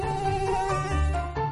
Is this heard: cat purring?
no